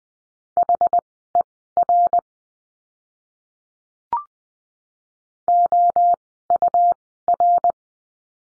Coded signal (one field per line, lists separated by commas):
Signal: Morse code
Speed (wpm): 20 wpm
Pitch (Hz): 700 Hz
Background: none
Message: HER OUR